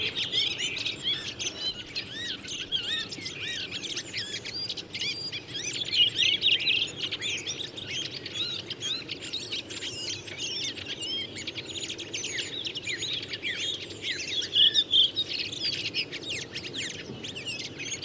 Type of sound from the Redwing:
song